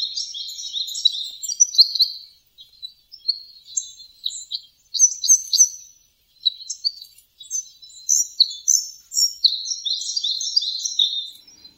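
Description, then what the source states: Red Crossbill calls, a busy series of short, high chirping notes given in quick irregular bursts with brief pauses, continuing throughout. A flock in a park surrounded by housing in Kitami, Hokkaido.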